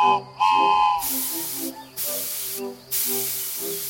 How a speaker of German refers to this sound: Klein, aber fein, unsere Dampflok. Sie kann auch fahren.